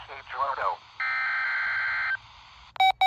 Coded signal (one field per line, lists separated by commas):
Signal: Emergency Alert System (SAME) tones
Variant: header bursts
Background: speech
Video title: KXI42 Required Weekly Test. 4/16/25 EAS #323